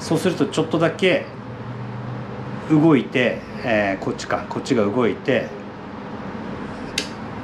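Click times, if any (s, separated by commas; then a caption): 7.0 s. Someone talks while a sliding gear on an opened Shovelhead 4-speed motorcycle transmission is nudged, with the shift held under pressure, until the shift dogs line up. At 7.0 s a sharp click sounds as the gear engages its mating gear dogs and seats.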